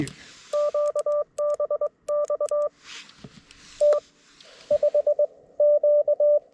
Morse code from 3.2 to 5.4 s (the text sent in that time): T 5